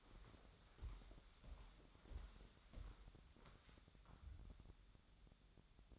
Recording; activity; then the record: daily activity, microphone in the room; walk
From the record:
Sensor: 3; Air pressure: 1015.3 hPa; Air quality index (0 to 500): 124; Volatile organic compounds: 5 ppm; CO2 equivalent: 1752 ppm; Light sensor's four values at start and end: 16/41/16/17 and 16/42/17/18